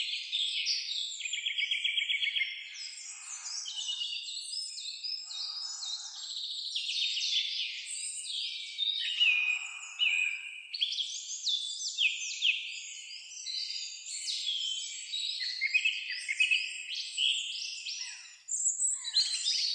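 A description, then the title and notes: Birds chirp in a forest, their high, bright calls overlapping almost without pause for the full twenty seconds. Rapid trills, quick tweets and sweeping whistles crowd together in a dense chorus, with a brief lull near the eighteen-second mark before the calls resume. Birds Chirping in the Forest.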